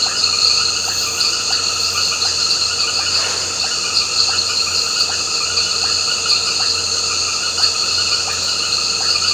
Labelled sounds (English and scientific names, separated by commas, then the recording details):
none
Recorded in pastures near Puerto Asís, Putumayo, Colombia, on 9 March 2025 at 19:00
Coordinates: 0.466, -76.322
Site CSA-02